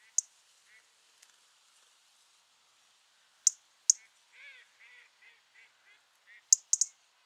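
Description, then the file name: European robin giving a few sharp, high ticking calls spaced seconds apart, with softer, lower hoarse calls between them. "Erithacus rubecula"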